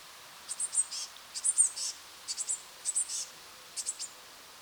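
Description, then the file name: Eurasian blue tit calls: very high, thin notes in short clusters of a few, repeated roughly every second with quiet gaps between. "Cyanistes caeruleus"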